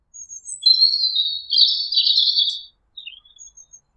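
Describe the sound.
Bird calls: a few short high notes, then a burst of high, scratchy twittering chirps running about two seconds, then a few brief, softer high notes.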